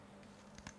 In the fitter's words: e ruotiamo e sentiamo un clac.